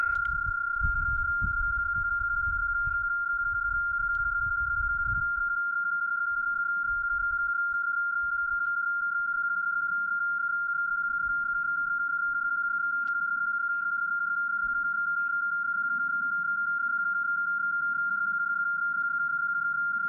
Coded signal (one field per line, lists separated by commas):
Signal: PSK31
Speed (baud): 31.25 baud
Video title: Mount Ord SOTA Activation Part I - PSK31